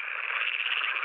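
Pool frog calling with a continuous rapid rattling buzz, steady in pitch throughout, with no other sounds.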